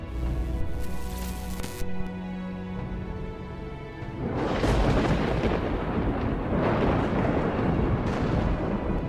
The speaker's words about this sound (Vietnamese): Sấm chớp ở trên trời đánh lên đùng đùng đến đinh tai nhức óc.